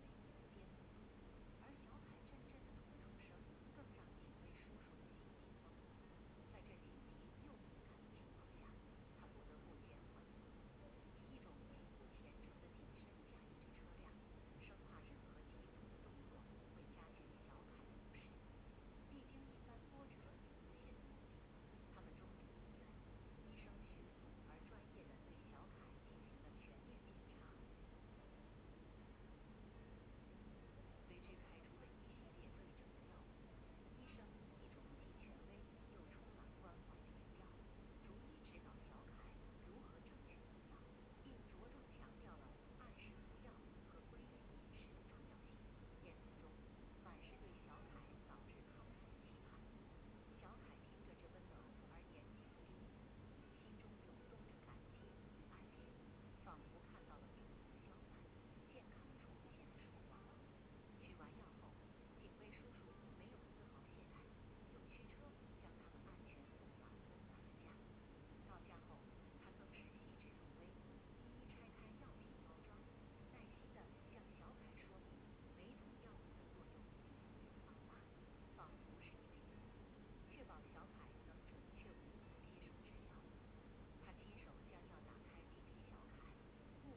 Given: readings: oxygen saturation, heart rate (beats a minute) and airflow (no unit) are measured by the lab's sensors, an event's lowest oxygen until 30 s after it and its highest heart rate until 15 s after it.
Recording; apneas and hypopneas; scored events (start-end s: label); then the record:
a person awake in a sleep study, by a voice recorder at the bedside; none
0.00-86.97 s: awake
From the record:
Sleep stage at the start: awake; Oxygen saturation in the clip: 94 to 96%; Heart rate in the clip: 70 to 76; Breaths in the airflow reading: 21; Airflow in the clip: -3.6 to 4.3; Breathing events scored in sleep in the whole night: 131 in 7.2 hours asleep